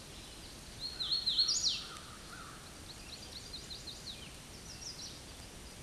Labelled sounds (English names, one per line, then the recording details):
Hooded Warbler song
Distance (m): 20 m
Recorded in a Pennsylvania forest on 18 May 2023 at 09:25
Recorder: AudioMoth, point grid1_34_low
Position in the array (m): 191 m, 122 m